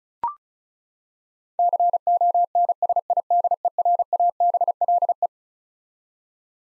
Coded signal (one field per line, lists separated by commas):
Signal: Morse code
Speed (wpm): 34 wpm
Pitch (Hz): 700 Hz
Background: none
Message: CONSIDERABLE